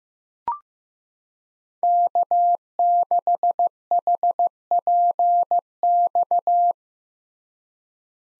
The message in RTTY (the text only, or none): none